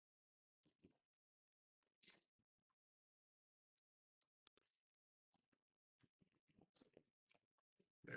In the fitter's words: there it is snaps into place and I just slid it over because we're going to be coming off of here